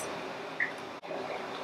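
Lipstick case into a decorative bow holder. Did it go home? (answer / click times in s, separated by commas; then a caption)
no / none. With its plastic top taken off, a plastic lipstick case from a House of Sillage Infinite Love Mystery Vault is handled over the raised section of a decorative bow holder, ready to be pressed down into it. Only a steady hiss is heard, with a brief faint tone near 0.6 s and a short dip in the noise around 1.0 s. Nothing has clicked or seated yet.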